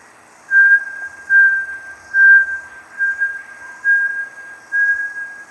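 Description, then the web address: Bartlett's tinamou giving pure, steady whistled notes at one pitch, repeated about once a second, six notes with faint lingering tone between them. "sound Bartlett's-tinamou. صدای-پرنده-وشم-بارتلت"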